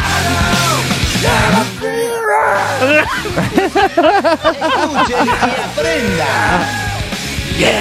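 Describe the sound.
A man yells loudly in a series of wavering, drawn-out cries whose pitch rises and falls, sustained for several seconds over a steady background hum and other voices.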